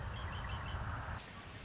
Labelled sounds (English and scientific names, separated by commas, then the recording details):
Red-winged Blackbird (Agelaius phoeniceus)
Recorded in Sonoma County, California